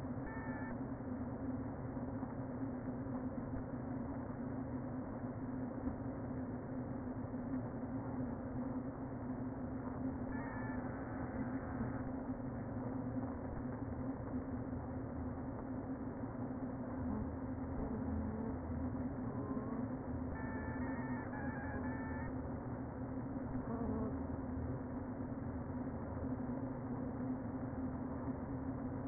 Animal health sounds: honeybee colony, microphone inside the hive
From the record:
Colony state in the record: queen present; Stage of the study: before two queens were removed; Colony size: about 60,000 bees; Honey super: yes

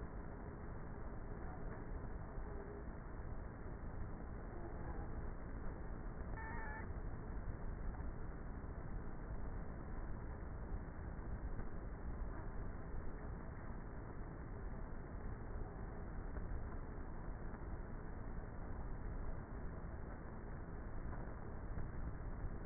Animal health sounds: honeybee colony, microphone inside the hive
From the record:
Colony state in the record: queenless with a low population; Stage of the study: before two queens were removed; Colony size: about 30,000 bees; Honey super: no

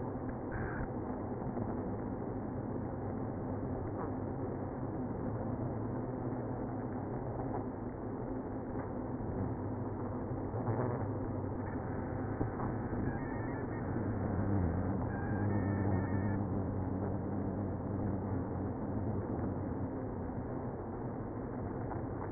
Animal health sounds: honeybee colony, microphone inside the hive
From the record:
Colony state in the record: queenless (queen removed); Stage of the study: after two queens were removed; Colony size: about 60,000 bees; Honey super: yes

